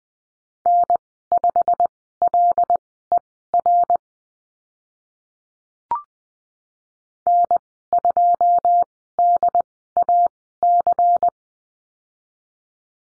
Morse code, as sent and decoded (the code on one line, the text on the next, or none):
-. ..... .-.. . .-. / -. ..--- -.. .- -.-.
N5LER N2DAC